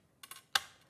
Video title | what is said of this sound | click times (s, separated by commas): 06/05/2024 - HobbyMaker Live | your magnet you you hear it click | 0.6 s